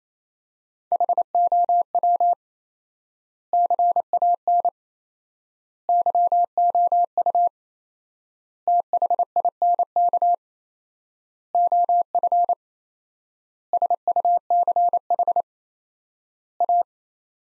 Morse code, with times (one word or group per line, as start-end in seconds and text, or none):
0.9-2.3 HOW
3.5-4.7 CAN
5.9-7.5 YOU
8.7-10.3 THINK
11.5-12.5 OF
13.7-15.4 SUCH
16.6-16.8 A